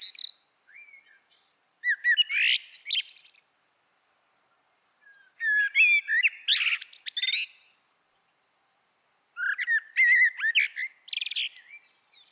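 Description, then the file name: Common blackbird giving three main phrases of fluty whistling mixed with shrill twittering notes, with quiet gaps of about two seconds between them, after a few softer notes at the start. "Turdus merula"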